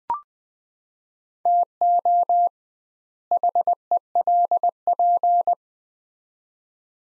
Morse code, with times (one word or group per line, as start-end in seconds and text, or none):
1.5-2.5 TO
3.3-5.5 HELP